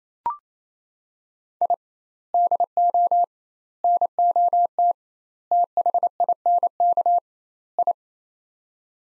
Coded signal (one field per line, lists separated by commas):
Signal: Morse code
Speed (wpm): 28 wpm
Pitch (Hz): 700 Hz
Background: none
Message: I DO NOT THINK I